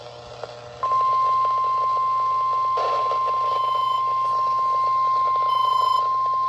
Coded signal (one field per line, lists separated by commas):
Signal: Emergency Alert System (SAME) tones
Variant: 1050 Hz attention tone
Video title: (EAS #308) KLOT Required Weekly Test